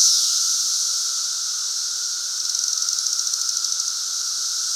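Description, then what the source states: Dense periodical cicada chorus, a continuous shrill hiss-like buzz with a burst of quick rhythmic pulses midway and a lower steady drone. Chorus in Central Illinois during the 2024 cicada super bloom.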